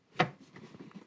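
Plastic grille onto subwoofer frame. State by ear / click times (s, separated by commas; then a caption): seated / 0.2 s. A plastic speaker grille is pressed onto the frame of a Bimmertech Alpha One subwoofer in a Mini Cooper and clicks into place at 0.2 seconds with a single sharp snap. Two much fainter ticks follow at about 0.6 and 0.9 seconds. The grille is seated.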